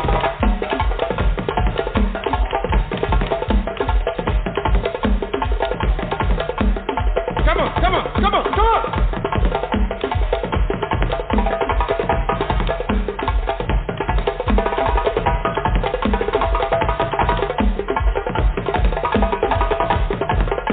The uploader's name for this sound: Drumming